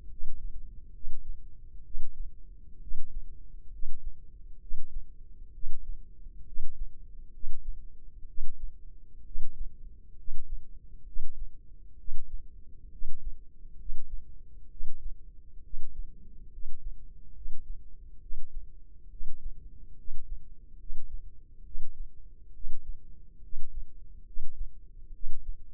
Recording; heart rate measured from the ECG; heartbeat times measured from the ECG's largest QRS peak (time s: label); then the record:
heart sounds by microphone in the left ear; 67 bpm
0.09 s: heartbeat
0.93 s: heartbeat
1.84 s: heartbeat
2.81 s: heartbeat
3.72 s: heartbeat
4.60 s: heartbeat
5.53 s: heartbeat
6.46 s: heartbeat
7.32 s: heartbeat
8.27 s: heartbeat
9.25 s: heartbeat
10.17 s: heartbeat
11.05 s: heartbeat
11.98 s: heartbeat
12.91 s: heartbeat
13.78 s: heartbeat
14.70 s: heartbeat
15.63 s: heartbeat
16.52 s: heartbeat
17.34 s: heartbeat
18.21 s: heartbeat
19.10 s: heartbeat
19.97 s: heartbeat
20.79 s: heartbeat
21.64 s: heartbeat
22.54 s: heartbeat
23.42 s: heartbeat
24.26 s: heartbeat
25.13 s: heartbeat
From the record:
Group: healthy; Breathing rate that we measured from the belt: 18 breaths a minute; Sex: male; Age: 30 years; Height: 188 cm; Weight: 110.2 kg